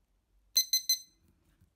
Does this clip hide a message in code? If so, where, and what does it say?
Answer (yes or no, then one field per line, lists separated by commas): no